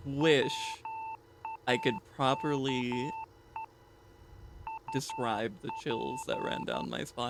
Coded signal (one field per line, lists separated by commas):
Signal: Morse code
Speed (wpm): 11 wpm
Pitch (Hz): 890 Hz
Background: speech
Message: WAKE UP